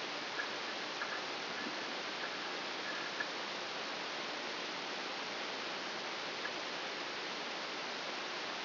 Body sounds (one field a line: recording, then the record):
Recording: brain microelectrode recording played as sound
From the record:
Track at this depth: outside the subthalamic nucleus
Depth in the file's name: 5.401 mm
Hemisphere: right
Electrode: 2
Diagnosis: Parkinson's disease